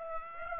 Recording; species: mosquito wingbeat signal from an infrared sensor; Aedes aegypti